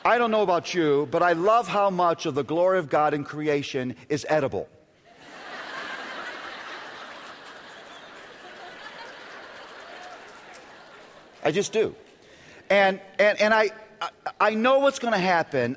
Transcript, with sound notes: I don’t know about you, but I love how much the glory of God in creation is edible. (laughter) I just do. And I know what’s going to happen.